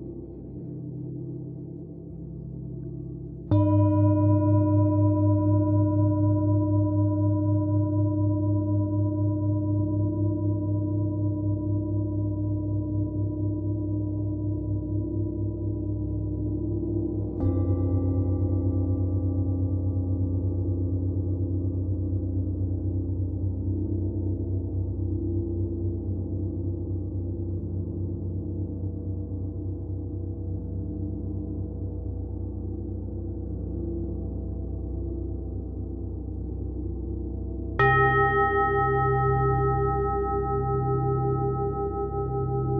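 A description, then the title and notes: A gong singing bowl is struck three times, at about 4, 17 and 38 seconds, each strike blooming into a long, steady ring. A deep, throbbing hum sits underneath, with bright metallic overtones that linger and slowly fade between strikes. Gong Singing Bowl.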